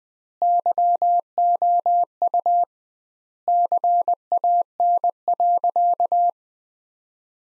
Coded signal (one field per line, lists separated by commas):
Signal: Morse code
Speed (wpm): 20 wpm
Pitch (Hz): 700 Hz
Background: none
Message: YOU CAN.